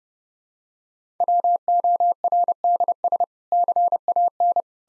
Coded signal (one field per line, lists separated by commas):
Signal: Morse code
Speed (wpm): 30 wpm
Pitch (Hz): 700 Hz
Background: none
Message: WORDS CAN